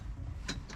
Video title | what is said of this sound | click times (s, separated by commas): We Are Expanding by the Day S2 Ep08 | you hear a little click that's it | 0.5 s